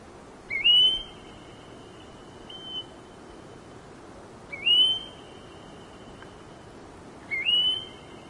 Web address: red browed goldfinch bird call